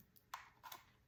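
A microSD memory card in the card slot of a DJI Mini 3 drone is pushed in again to release its spring latch. A sharp click sounds at 0.3 s, followed by a softer rattling burst around 0.7 s. The latch releases and the card comes out of the slot.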